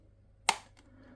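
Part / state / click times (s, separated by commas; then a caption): jaw of an articulated dinosaur figure in its ratchet hinge / seated / 0.5 s. The jaw of an articulated Jurassic Park Tyrannosaurus rex figure is opened further in its ratchet hinge. It snaps into its second detent with one sharp, bright click at 0.5 s, followed by a faint tick at 0.8 s against a low steady hum. The jaw is seated in its second position.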